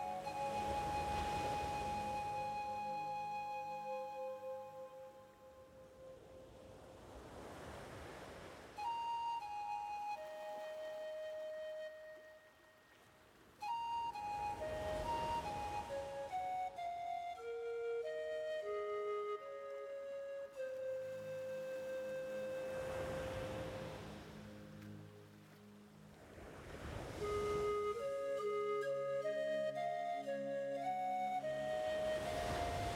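Waves swell and wash in roughly every seven seconds while a pan flute plays a slow, wandering melody of held and gliding notes above.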